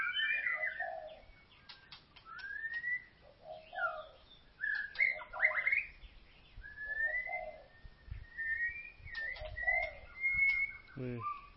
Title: Kicau Murai Batu